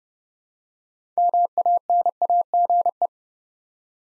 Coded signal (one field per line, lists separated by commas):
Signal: Morse code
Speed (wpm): 30 wpm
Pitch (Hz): 700 Hz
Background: none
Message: MANAGE